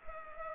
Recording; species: mosquito wingbeat signal from an infrared sensor; Culex pipiens